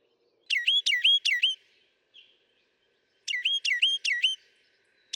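Northern mockingbird repeating a sharp, ringing phrase three or four times per burst, with a quiet gap between bursts.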